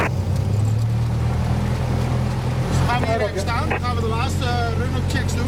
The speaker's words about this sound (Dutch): Vervolgens gaan we nou taxiën naar het begin van de runway, en daar gaan we de before take-off checklist gaan we daar doen. Texel Radio, Papa Hotel, Tango X-ray, Echo X-ray, we'll taxi out for runway 03.